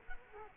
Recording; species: mosquito wingbeat signal from an infrared sensor; Culex quinquefasciatus